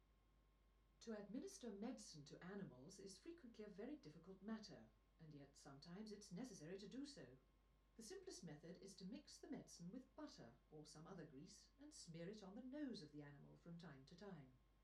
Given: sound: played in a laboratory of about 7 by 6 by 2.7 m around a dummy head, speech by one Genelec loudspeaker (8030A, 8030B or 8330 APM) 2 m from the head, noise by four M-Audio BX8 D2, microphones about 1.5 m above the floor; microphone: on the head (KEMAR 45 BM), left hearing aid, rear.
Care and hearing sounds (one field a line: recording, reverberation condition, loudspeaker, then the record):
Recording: female speech in English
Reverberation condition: low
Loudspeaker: 120 degrees to the right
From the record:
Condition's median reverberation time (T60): about 310 ms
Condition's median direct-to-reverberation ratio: about 3.5 dB